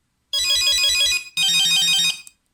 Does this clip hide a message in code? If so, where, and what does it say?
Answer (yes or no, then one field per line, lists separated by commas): no